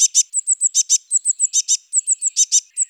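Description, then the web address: Eurasian blue tit calls: high, thin notes mixed with paired buzzy churring bursts, repeated rapidly and steadily throughout, with no other sounds. "Parus caeruleus"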